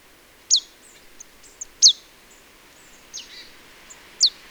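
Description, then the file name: Marsh tit calls: three sharp, high downslurred notes spaced over a few seconds, with fainter thin chips in between. "Poecile palustris"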